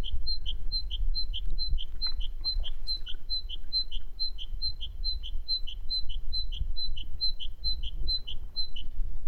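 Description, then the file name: Great tit song, a steady two-note phrase, high then slightly lower, repeated quickly and evenly throughout, over low rumbling background noise. "Parus major"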